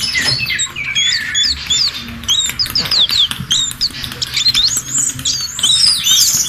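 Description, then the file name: Orange-headed thrush song of clear, high whistled slurs and quick chirps, delivered in rapid bursts separated by short gaps. "anis merah omkicau"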